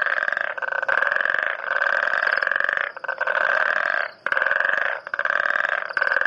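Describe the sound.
Frog calls: rapid pulsed, buzzy trills in bursts of about one second, broken by brief pauses.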